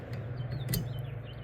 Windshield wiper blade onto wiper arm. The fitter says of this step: and snaps in place. Locks in place.